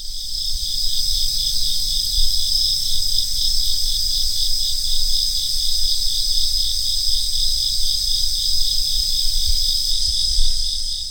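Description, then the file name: Cricket call: a continuous, high-pitched pulsing trill that runs unbroken throughout, over a steady low rumble of background noise. "Kourogi"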